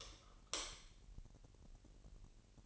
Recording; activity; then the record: daily activity, microphone in the room; light off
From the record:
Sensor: 4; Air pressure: 1002.7 hPa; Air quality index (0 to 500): 248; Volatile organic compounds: 17 ppm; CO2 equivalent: 2587 ppm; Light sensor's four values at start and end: 7/16/6/6 and 6/13/5/5